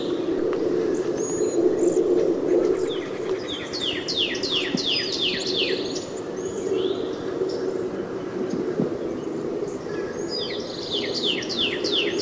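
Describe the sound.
Northern cardinal song: two bursts of quick, clear downslurred whistles over a steady low hum, with a few other faint chirps.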